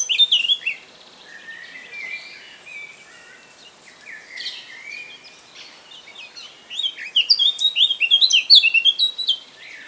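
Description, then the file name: Eurasian blackcap singing a brief loud note, then soft, drawn-out warbled notes, ending with a loud, fast flourish of rich fluty phrases. "Sylvia atricapilla"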